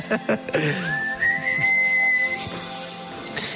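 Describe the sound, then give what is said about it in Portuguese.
Someone whistles a song's melody, sliding upward into a long, steady high note that holds for over a second before fading, with scattered clicks and background noise around it. “Toda a gente aí a assobiar, bora lá.”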